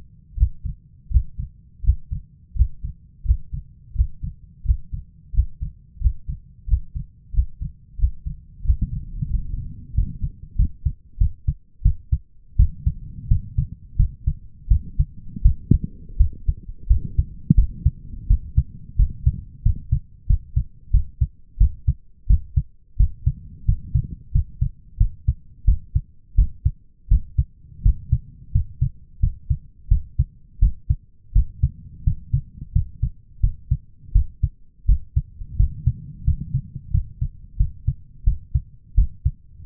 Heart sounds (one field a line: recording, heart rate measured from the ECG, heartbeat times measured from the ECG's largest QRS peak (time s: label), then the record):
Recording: heart sounds by stethoscope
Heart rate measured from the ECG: 87 bpm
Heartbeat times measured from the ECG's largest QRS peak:
0.36 s: heartbeat
1.10 s: heartbeat
1.82 s: heartbeat
2.54 s: heartbeat
3.24 s: heartbeat
3.94 s: heartbeat
4.64 s: heartbeat
5.33 s: heartbeat
6.00 s: heartbeat
6.67 s: heartbeat
7.32 s: heartbeat
7.98 s: heartbeat
8.63 s: heartbeat
9.29 s: heartbeat
9.94 s: heartbeat
10.56 s: heartbeat
11.18 s: heartbeat
11.82 s: heartbeat
12.56 s: heartbeat
13.28 s: heartbeat
13.96 s: heartbeat
14.68 s: heartbeat
15.42 s: heartbeat
16.17 s: heartbeat
16.87 s: heartbeat
17.55 s: heartbeat
18.27 s: heartbeat
18.96 s: heartbeat
19.63 s: heartbeat
20.27 s: heartbeat
20.91 s: heartbeat
21.58 s: heartbeat
22.27 s: heartbeat
22.97 s: heartbeat
23.65 s: heartbeat
24.32 s: heartbeat
24.98 s: heartbeat
25.65 s: heartbeat
26.35 s: heartbeat
27.08 s: heartbeat
27.82 s: heartbeat
28.52 s: heartbeat
29.20 s: heartbeat
29.88 s: heartbeat
30.59 s: heartbeat
31.33 s: heartbeat
32.04 s: heartbeat
32.72 s: heartbeat
33.40 s: heartbeat
34.12 s: heartbeat
34.86 s: heartbeat
35.57 s: heartbeat
36.24 s: heartbeat
36.91 s: heartbeat
37.57 s: heartbeat
38.24 s: heartbeat
38.95 s: heartbeat
39.65 s: heartbeat
From the record:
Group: healthy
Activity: Valsalva maneuver 0-9 s, rest 9-40 s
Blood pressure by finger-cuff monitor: 147/105 mmHg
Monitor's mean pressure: 115 mmHg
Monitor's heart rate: 87 bpm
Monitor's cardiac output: 7.2 L/min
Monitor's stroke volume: 83 mL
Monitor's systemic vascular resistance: 1180 dyn s/cm5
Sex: male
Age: 23 years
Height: 179 cm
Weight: 87 kg